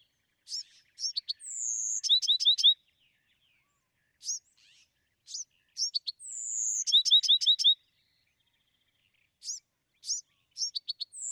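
Bewick's wren song of sharp chips, a high sustained whistle and a fast trill, the phrase repeated.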